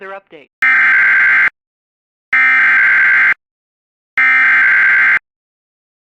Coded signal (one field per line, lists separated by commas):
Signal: Emergency Alert System (SAME) tones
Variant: header bursts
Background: speech